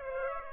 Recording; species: mosquito wingbeat signal from an infrared sensor; Aedes aegypti